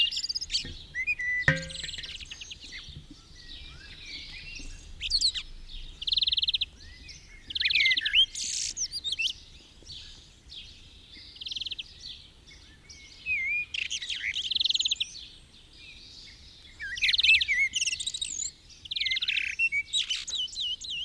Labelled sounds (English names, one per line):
Common Blackbird song